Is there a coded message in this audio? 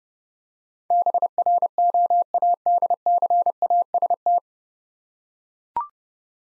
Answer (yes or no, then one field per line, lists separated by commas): yes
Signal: Morse code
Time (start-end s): 0.9-4.4 s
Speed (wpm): 30 wpm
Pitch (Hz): 700 Hz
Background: none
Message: BROADCAST